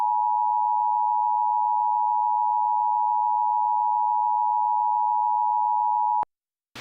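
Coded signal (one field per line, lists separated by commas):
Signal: Emergency Alert System (SAME) tones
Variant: 853 and 960 Hz attention tone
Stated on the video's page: Mock re-creation of a tornado emergency, made with a software EAS encoder, with valid tones.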